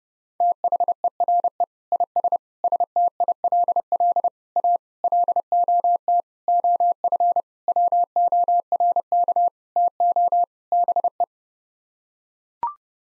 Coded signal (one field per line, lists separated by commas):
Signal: Morse code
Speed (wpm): 30 wpm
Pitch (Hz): 700 Hz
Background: none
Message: THERE IS STILL A LOT OF WORK TO BE